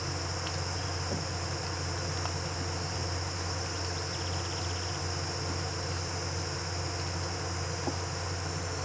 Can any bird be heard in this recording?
no